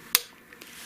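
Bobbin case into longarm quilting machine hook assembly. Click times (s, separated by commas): 0.1 s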